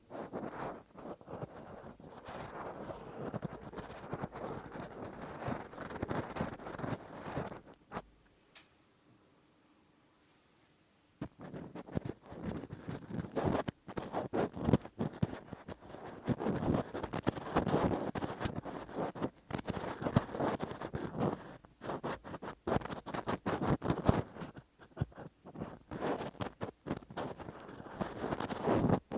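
Rough, deep ear cleaning with a Q-tip and ear pick fills the clip with dense, scratchy scraping and rustling that comes in quick, uneven bursts. Around eight to eleven seconds it drops to near silence, then the rubbing resumes, busier and louder to the end.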